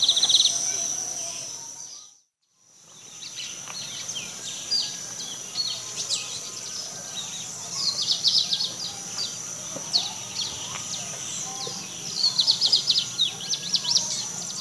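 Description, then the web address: Lined seedeater calls and song: rapid bursts of high, sharp chips and short buzzy trills, over a steady high insect drone, with a brief silent gap early on. Calls and song recorded in the eastern lowlands of South America. "Natures Songs S America Eastern Lowlands. Sporophila lineola, calls and song"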